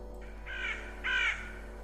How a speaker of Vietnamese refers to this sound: Khi cậu chuẩn bị cất tiếng gọi thì đột nhiên ở trên mái nhà có một con quạ đen. Nó kêu lên những tiếng ghê rợn, rồi nó bay vút lên trên bầu trời.